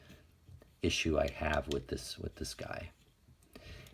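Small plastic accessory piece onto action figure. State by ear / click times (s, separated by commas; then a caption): not seated / none. Someone talks while pushing a small plastic piece back onto a Joy Toy Warhammer 40K Kastelan Robot action figure, a piece that keeps popping off. Nothing has snapped in or seated yet.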